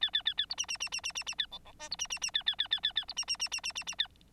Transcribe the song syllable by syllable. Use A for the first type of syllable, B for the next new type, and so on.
A A A A B C C C C C C C A D D E B C C C A A A A A A B C C C C C C C A